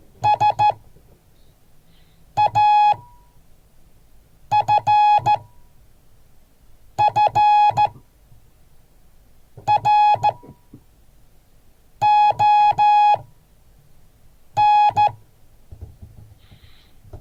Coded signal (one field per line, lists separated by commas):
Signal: Morse code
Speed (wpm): 14 wpm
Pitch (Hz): 840 Hz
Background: none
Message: SAFFRON